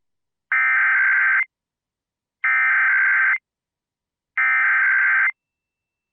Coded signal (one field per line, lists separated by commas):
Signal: Emergency Alert System (SAME) tones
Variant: header bursts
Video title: Illinois Statewide Emergency Alert System Tests (February 1st, 2022)